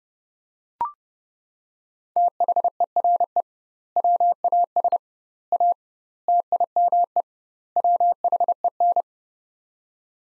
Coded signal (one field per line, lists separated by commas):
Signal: Morse code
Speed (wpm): 30 wpm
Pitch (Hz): 700 Hz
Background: none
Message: THERE WAS A TIME WHEN